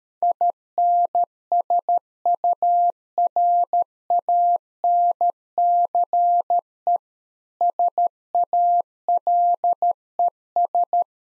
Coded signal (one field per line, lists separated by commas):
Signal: Morse code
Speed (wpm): 13 wpm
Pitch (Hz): 700 Hz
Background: none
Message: INSURANCE SALES